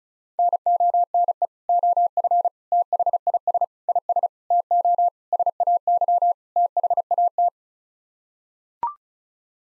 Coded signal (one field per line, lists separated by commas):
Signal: Morse code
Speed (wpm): 36 wpm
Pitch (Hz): 700 Hz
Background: none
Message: NONE OF THIS IS TO SAY THAT